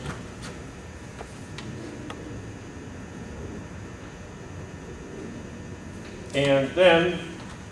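On a 1977–1980 MGB, the fabric convertible hood/tonneau cover is being fitted after its rear teardrops and front U-shaped clips, with a side fastener handled toward its body stud. There are faint light taps around 1.6 s and 2.1 s over a low steady background, and someone talks near the end. Nothing has snapped into place or seated yet; the cover is tight.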